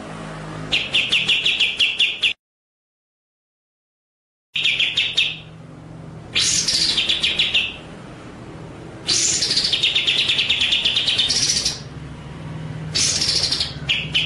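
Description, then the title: White-rumped shama song of fast rattling chip runs and long harsh buzzy phrases, broken by one abrupt silent gap. Masteran (training) track; full song in the ngerol nembak style. "Masteran Murai Batu Full Ngerol Nembak"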